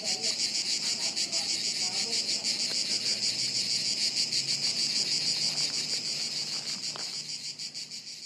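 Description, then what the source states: Cicada chorus, a shrill pulsing buzz that swells then eases slightly toward the end, with faint chirps from other creatures in the background. Chorus of cicadas high in the trees overhead, woods near Sirolo, Italy, hot afternoon, August 23.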